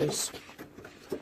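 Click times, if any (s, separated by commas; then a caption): none. Someone talks while handling the second fuel line quick-connector at the fuel filter, with its dust cap removed, ready to reattach it. Brief handling noises and a soft tick near 0.9 s sound under the voice, but the connector has not seated or clicked onto the filter yet.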